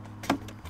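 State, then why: Seated. The plastic mounting piece for a digital instrument cluster in a 20-year-old BMW's dashboard is lined up with its two bottom buttons in the dash frame and pushed in. It snaps into place with a sharp click at 0.3 s, followed by a fainter tick at about 0.5 s, and the piece is seated.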